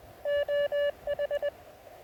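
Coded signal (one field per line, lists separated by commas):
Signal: Morse code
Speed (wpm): 18 wpm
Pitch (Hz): 590 Hz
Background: radio noise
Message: OH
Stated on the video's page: Winter Field Day operating in cold, snowy New Hampshire.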